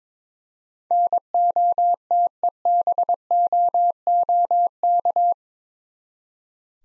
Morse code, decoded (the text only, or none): NOTEBOOK